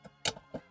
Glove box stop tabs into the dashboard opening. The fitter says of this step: you hear it click and